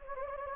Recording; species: mosquito wingbeat signal from an infrared sensor; Anopheles gambiae